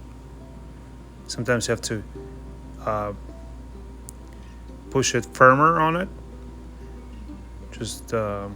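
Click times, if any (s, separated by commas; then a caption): 4.1 s. A concealed door hinge on a frameless wall cabinet doesn't catch its hinge plate at first, so it is pressed more firmly onto the plate. It snaps on with a sharp, loud click at 4.1 s, and the hinge is seated. Someone talks before and after the click.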